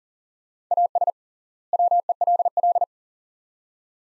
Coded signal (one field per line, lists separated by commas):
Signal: Morse code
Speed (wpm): 40 wpm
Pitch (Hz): 700 Hz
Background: none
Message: AS WELL